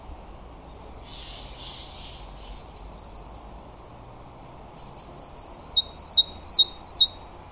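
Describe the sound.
Great tit calls: a soft buzzy rasp, then thin high notes trailing into a short whistle, ending in a quick series of sharp paired high chips over faint low background hiss.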